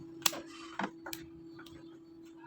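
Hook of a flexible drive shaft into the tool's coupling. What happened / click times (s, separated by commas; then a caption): The shaft hook locked into the coupling / 0.3 s. The hook of a flexible drive shaft is inserted into the power tool's coupling while being turned, and it locks in with a single sharp click at 0.3 s. A few softer ticks and taps follow against a steady low hum. The hook is seated and locked.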